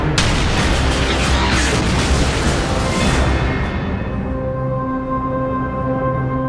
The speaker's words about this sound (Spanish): De repente, salió un disparo de no se sabe dónde. Habían alcanzado a tres jeeps del 25 de caballería.